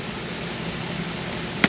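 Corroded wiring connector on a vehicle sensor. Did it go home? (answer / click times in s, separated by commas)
released / 1.6 s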